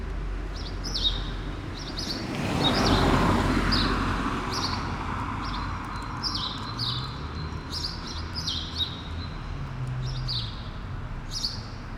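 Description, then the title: Sparrows chirping in quick clusters of crisp notes, a vehicle passing early on and constant low traffic in the background. Sparrows on Rue Keyenveld, Ixelles, Brussels-Capital, Belgium, a street with cars and people passing by; recorded with Lom Usi Pro microphones into a Zoom F6. "Rue Keyenveld, Ixelles, Bruxelles-Capitale, Belgique - Sparrows - moineaux"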